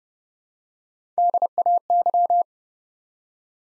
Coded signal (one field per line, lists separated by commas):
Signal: Morse code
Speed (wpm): 31 wpm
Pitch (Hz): 700 Hz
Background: none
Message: DAY